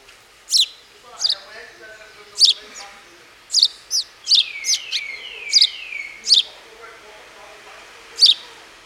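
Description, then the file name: House sparrow giving single high chirps every second or so, with a run of softer descending whistled slurs in the middle. "Passer domesticus"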